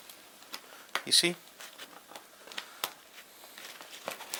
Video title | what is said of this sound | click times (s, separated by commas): Behind the closed DOORs June 14th 2016 | but it should be pretty easy you just click those down and it will click into place | 1.0 s